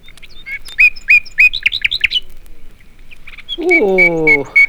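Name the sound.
nightingale singing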